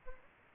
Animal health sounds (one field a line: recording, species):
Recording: mosquito wingbeat signal from an infrared sensor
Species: Aedes albopictus